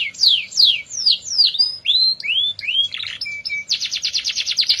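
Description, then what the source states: Atlantic canary song: sweeping whistled notes sliding downward, then rising phrases, a short steady tone and a fast buzzy rolling trill at the end. F1 canary; recording meant as therapy to get a canary that has stopped singing to sing again.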